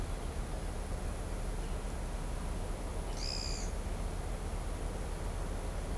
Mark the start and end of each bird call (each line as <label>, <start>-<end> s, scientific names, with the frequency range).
Atalotriccus pilaris (2.1-8.3 kHz), 3.12-3.67 s